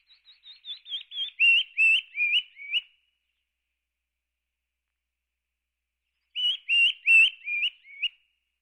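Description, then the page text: Canyon wren singing two songs: the first a falling series of whistled notes that grows louder, the second a shorter falling series starting after a silence of about three and a half seconds. "Canyon Wren. Quick Sounds"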